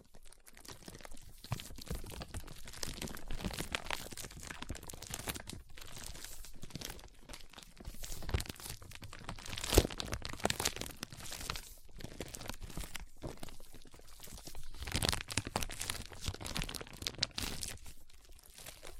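Foam is squeezed and rubbed in a steady ASMR massage, making dense, crackly crunching and crinkling sounds that run without pause. The rustling comes in quick, uneven strokes across low thuds and bright hiss, with slightly louder bursts near ten seconds and fifteen to seventeen seconds.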